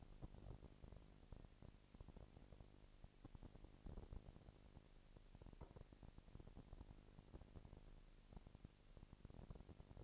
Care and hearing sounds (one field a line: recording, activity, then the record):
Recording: daily activity, microphone in the room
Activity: no activity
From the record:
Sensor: 5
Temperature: 20.1 degrees Celsius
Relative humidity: 38.2%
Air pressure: 998.9 hPa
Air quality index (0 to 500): 218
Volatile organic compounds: 24 ppm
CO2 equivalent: 2803 ppm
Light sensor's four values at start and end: 2/3/1/1 and 2/3/1/1